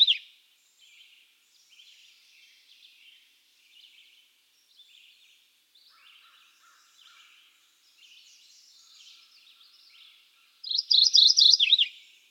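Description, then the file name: Mourning Warbler song bursts out near the end as a quick series of bright, slurred chips dipping at the close, after a long stretch of faint, scattered chirps. "Geothlypis philadelphia - Mourning Warbler"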